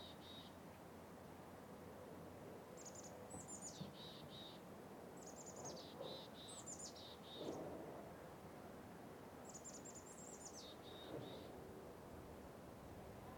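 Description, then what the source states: Birds give quiet high twittering phrases that slide downward, repeating every few seconds over a steady rush of light wind. Outdoor winter ambience with birds and light wind.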